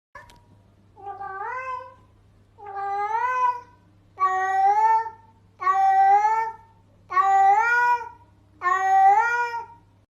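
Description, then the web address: Cat meowing: six drawn-out meows repeated about every one and a half seconds, over a steady low hum. Sound said to make a cat come to the listener when played. "reproduce este sonido y tu gato vendra a ti"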